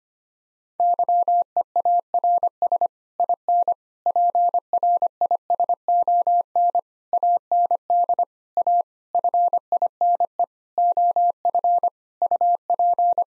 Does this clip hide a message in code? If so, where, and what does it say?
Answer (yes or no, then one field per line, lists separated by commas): yes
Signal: Morse code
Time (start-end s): 0.8-13.2 s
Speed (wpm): 25 wpm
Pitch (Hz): 700 Hz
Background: none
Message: YEARS IN PRISON AND A FINE OF UP